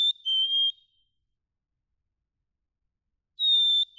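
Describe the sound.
Black-capped chickadee song: a pure whistled note dropping to a slightly lower second note, then a pause and the next phrase starting at the end.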